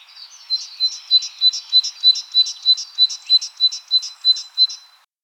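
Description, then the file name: Great tit calls: a steady series of high, two-part chirping notes, about three per second, running for nearly five seconds before stopping. "Parus major"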